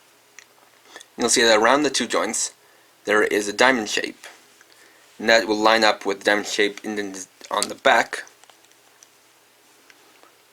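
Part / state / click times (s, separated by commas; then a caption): action figure wing piece into back socket of figure / not seated / none. Someone talks while lining up the diamond-shaped joint of a plastic wing piece with the diamond socket on the back of a WAP!06 Kamen Rider Wizard Hurricane Dragon action figure, before pushing it home. Faint handling ticks are heard around 0.4 s, 4.6 s, 8.5 s, 9.0 s and 9.9 s. The wing has not yet seated or clicked into place.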